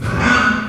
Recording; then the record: squeal of a Yucatan mini pig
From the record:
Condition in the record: after surgery on the right vocal fold (resection and tissue-engineered implant); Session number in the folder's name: 15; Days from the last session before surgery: 175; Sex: female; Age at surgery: 19 weeks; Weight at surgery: 25 kg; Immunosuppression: prednisolone